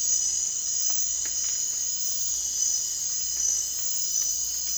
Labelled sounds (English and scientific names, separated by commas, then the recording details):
none
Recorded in dense forest near Puerto Asís, Putumayo, Colombia, on 25 June 2025 at 01:30
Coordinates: 0.468, -76.322
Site GP03